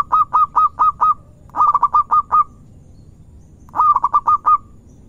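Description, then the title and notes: Zebra dove song with three phrases of several staccato coos, the middle one quicker, separated by pauses. Lure recording of a zebra dove singing actively (gacor). "Pancingan Perkutut Durasi Panjang. Suara Burung Perkutut Gacor"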